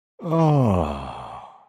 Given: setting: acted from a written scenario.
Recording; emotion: vocal sound without words; ecstasy